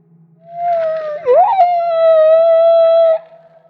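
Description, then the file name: Humpback whale song unit: a long, clear tonal wail with a brief wavering dip in the middle, holding a steady pitch for about three seconds. Recorded off Maui. "Humpback Whale - Maui Whale One"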